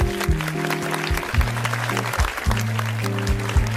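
Steady applause, a dense crackle of many hands clapping, runs throughout alongside loud sustained low musical chords that change every half second or so.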